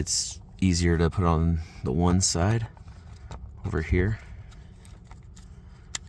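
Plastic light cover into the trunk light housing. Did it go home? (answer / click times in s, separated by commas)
yes / 5.9 s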